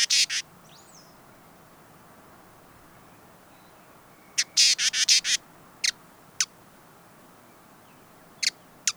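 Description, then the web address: Hooded visorbearer: a short rattling burst of high chips at the start, then after a long pause another rattle followed by a few isolated sharp chips. "sound Hooded-visorbearer دانلود-صدای-پرنده-آفتابگیر-کلاهدار"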